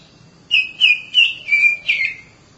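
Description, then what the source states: Oriental magpie-robin song: five short, sweet whistled notes in an even row, each slightly slurred. Long-duration song.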